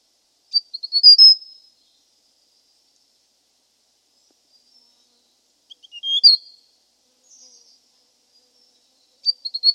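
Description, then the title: Hill prinia sounding several crisp, high chirp sequences with quick rising and falling notes, separated by pauses of several seconds. "prenjk gnung. Suara burung prenjak gunung"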